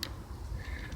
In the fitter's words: there I clicked it so now I'm shooting here and I'm looking in my spotting